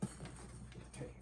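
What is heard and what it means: A plastic bridge pin is pressed into the bridge of a Taylor Mini GS acoustic guitar with the string under tension. Several soft knocks are heard, with clicks at 0.0 s and 0.9 s. The pin seats and locks in place.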